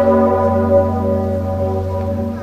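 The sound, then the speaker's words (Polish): A large, roughly 500-year-old church bell in Poland, rung only very rarely, rings out on Polish Armed Forces Day with a deep, loud, sustained hum, its rich layered overtones lingering and fading only slightly across the whole stretch, with no voices. “Ja wiem, że ten dzwon bije bardzo rzadko, dlatego tutaj się cieszymy, że jesteśmy i mogliśmy być akurat w takim momencie.”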